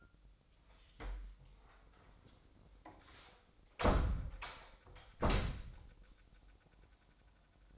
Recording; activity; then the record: daily activity, microphone in the room; close door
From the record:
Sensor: 3